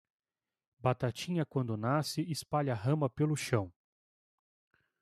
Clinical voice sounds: short text; Brazilian Portuguese; male; 30 to 39 years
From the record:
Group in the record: control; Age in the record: 33 years

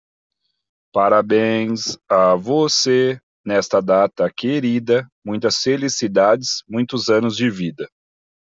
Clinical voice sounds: short text; Brazilian Portuguese; male; 30 to 39 years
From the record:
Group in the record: control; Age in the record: 37 years

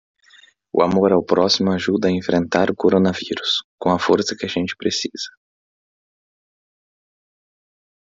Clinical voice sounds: spoken sentence; Brazilian Portuguese; male; 20 to 29 years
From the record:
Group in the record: control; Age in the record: 24 years

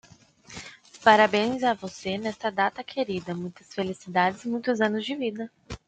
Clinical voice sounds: short text; Brazilian Portuguese; female; 20 to 29 years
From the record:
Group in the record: control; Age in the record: 24 years

